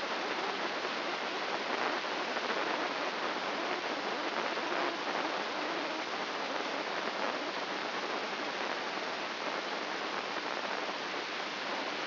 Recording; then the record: brain microelectrode recording played as sound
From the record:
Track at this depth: inside the subthalamic nucleus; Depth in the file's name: 5.429 mm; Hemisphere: left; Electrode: 3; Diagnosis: Parkinson's disease